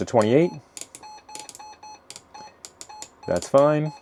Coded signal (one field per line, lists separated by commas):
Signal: none